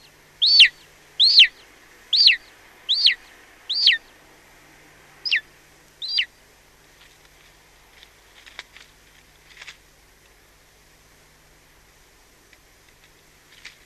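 Golden eagle giving seven high, down-slurred yelps in quick succession, then falling silent, leaving only faint scattered clicks and soft background hiss.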